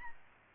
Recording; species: mosquito wingbeat signal from an infrared sensor; Aedes aegypti